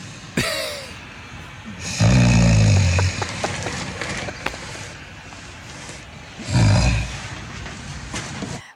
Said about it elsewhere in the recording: I hear the snore. Oh, you cutting wood, bro. Exhibit B definitely says you snore.